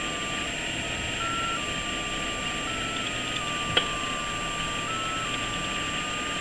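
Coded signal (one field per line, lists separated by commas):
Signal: JT65, JT9 or WSPR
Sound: a faint steady whistle that hops slightly up and down in pitch, under hiss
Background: radio static, one click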